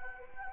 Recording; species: mosquito wingbeat signal from an infrared sensor; Anopheles arabiensis